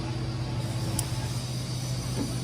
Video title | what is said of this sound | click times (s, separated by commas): Full Install L5P Duramax HSP Diesel Cold and Hotside Pipe | Let's lock it into the intercooler | 1.0 s